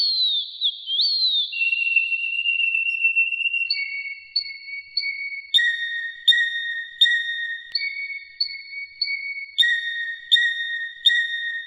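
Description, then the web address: Canary song: a wavering whistle, then long level tones and pulsing rolls that step between pitches, with sharp clicks breaking in. "kenar canto"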